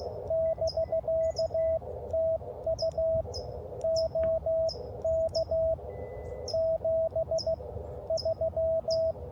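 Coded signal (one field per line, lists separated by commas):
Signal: Morse code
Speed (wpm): 15 wpm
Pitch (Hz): 650 Hz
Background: radio noise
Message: <BK> TU OK 73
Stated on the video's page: Park activation.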